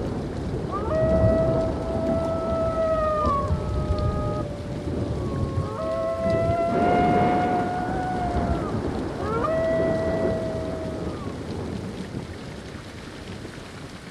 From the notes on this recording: Thunder, rain and howling wolves.